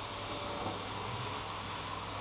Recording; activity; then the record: daily activity, microphone in the room; vacuum cleaning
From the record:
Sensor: 1